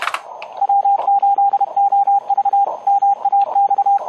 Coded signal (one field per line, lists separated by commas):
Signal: Morse code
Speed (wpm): 28 wpm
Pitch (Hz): 800 Hz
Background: radio noise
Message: W8OV MAX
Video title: January 14, 2021 UARC Meeting: HF Made Easy - Using UARC's HF remote stations in a CW contest